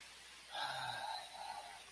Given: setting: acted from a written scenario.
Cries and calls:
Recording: vocal sound without words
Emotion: serenity

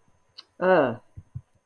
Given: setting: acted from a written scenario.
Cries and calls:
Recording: vocal sound without words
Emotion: contempt

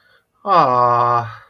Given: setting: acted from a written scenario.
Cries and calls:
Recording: vocal sound without words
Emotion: adoration

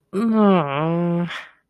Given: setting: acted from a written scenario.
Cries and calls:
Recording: vocal sound without words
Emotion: embarrassment

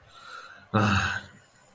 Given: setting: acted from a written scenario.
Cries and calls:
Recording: vocal sound without words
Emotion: shame

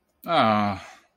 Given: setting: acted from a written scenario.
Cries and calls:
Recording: vocal sound without words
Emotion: disappointment

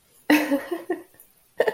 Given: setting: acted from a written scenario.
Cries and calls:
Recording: vocal sound without words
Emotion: amusement

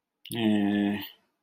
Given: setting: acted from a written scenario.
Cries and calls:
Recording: vocal sound without words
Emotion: neutral

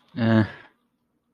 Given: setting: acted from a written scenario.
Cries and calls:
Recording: vocal sound without words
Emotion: neutral

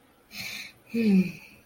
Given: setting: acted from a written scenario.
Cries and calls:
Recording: vocal sound without words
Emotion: romantic love

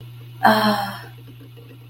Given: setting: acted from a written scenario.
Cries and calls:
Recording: vocal sound without words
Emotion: serenity

